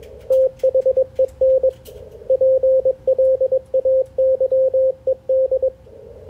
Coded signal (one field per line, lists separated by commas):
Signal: Morse code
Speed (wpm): 21 wpm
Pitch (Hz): 520 Hz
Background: radio noise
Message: THEN PLAYED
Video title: Ham Radio Code Practice - OTs "air-it-out" in HF ragchew